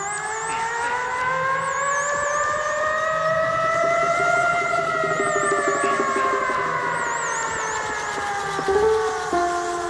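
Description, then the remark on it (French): A loud, steady siren wails, its layered tone slowly rising and then sinking in pitch, while a faster high-pitched warble comes and goes above it. No one speaks. “Sirène inquiète sur le devenir de notre bonne vieille planète.”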